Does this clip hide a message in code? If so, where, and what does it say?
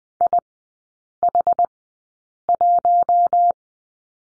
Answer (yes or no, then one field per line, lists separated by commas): yes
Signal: Morse code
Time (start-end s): 0.2-3.5 s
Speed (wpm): 20 wpm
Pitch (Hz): 700 Hz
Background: none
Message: IH1